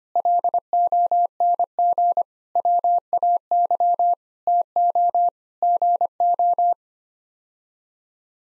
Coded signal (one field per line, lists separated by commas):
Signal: Morse code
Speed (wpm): 25 wpm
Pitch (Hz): 700 Hz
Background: none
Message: LONG WAY TO GO